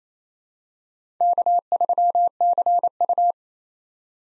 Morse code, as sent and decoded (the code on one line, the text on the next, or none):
-.- ...-- -.-. ..-
K3CU